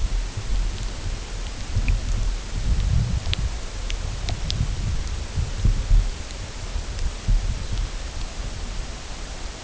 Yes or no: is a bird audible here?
no